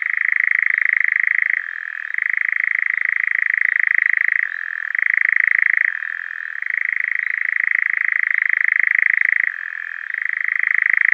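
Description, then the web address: European nightjar churring song, a continuous rattling trill that shifts between a higher and a lower pitch every few seconds, with no other sounds. Male European nightjar giving its display song. "Schulze Peter Eurasian Nightjar male display"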